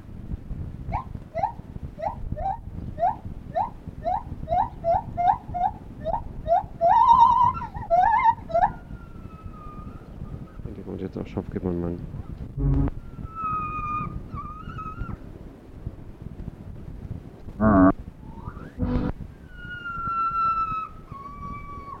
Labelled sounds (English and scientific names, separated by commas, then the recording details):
Lar Gibbon (Hylobates lar)
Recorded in captivity
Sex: male
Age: adult
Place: Tierpark Berlin, Berlin, DE
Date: 1968-10-19
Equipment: Uher 4200 Report Stereo, Sennheiser MD 421
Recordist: Tembrock, Günter